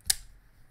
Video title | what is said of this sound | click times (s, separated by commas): Full Review: Massdrop Dao | a very small little click there but | 0.1 s